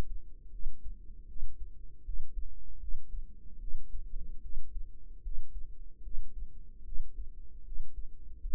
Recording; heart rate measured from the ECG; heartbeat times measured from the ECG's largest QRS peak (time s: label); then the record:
heart sounds by microphone in the right ear; 76 bpm
0.50 s: heartbeat
1.26 s: heartbeat
2.03 s: heartbeat
2.78 s: heartbeat
3.58 s: heartbeat
4.40 s: heartbeat
5.21 s: heartbeat
6.01 s: heartbeat
6.83 s: heartbeat
7.63 s: heartbeat
8.39 s: heartbeat
From the record:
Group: healthy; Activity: rest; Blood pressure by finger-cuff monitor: 99/65 mmHg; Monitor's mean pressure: 75 mmHg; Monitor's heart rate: 76 bpm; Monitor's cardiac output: 6.1 L/min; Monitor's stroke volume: 79 mL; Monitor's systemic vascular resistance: 880 dyn s/cm5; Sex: female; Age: 19 years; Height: 163 cm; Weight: 48.9 kg